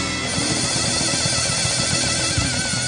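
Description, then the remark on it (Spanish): A crowd at the Teatro Provincial de Salta "Juan Carlos Saravia" applauds steadily after a live song, a dense, unbroken wash of clapping at an even loudness, with a low murmur of voices mixed underneath. “La mano en el aire, aplauso para la más gratis.”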